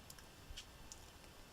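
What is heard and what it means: The plastic screen bezel of an Aspire One D255E-13605 laptop is pressed along its sides and top so its clips snap into the lid. Sharp, light clicks land at 0.1 s and 0.9 s, with a softer tick just after the first and a duller press sound in between. The bezel ends up seated back on the lid.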